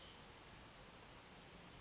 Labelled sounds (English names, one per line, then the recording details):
Oak Titmouse
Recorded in Sonoma County, California